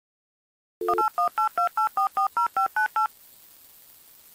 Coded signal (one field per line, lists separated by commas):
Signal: DTMF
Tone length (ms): 120 ms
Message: 181828440598